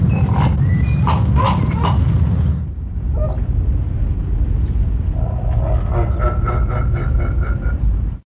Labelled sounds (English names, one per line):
Goliath Heron call